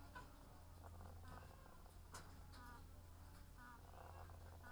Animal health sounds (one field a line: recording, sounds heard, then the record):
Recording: poultry house recording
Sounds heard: sick chickens (respiratory disease)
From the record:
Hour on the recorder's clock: 18